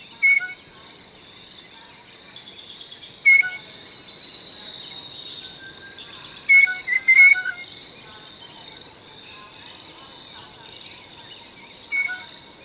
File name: SOJKA GOLUBAYA